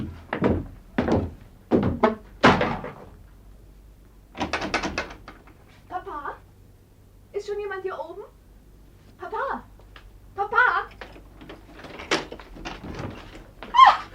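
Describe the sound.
An entrance door is worked open and shut: a quick series of heavy wooden thunks, then creaky squeaks and muffled voice-like sounds, and a few more knocks and clunks at the end.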